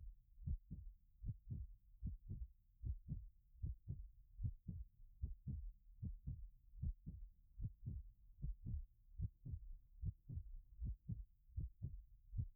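Close-up heartbeat of an adult heard with an ear pressed to the chest: low, paired lub-dub beats at a steady rate of about 76 per minute, ASMR style.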